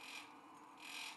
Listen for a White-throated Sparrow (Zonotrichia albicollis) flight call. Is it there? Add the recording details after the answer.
no. No flight call is heard. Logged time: 03:40 on 5 December 2014